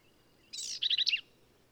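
Black-capped vireo: one short phrase opening with a raspy buzz and ending in a quick series of bright, warbled notes, over a soft background hiss.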